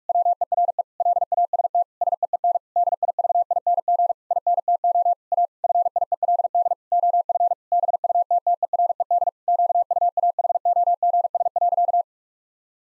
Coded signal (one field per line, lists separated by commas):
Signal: Morse code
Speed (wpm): 41 wpm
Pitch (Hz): 700 Hz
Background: none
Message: WERE LAST SEEN DIVING INTO A FIELD OF BUTTERED QUAHOGS.